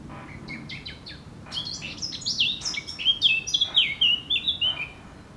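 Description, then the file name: Eurasian blackcap song: soft scratchy notes at the start, building into a loud, clear warble of downward-sliding whistles. "Sylvia atricapilla"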